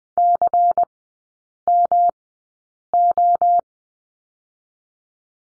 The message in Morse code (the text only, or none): CMO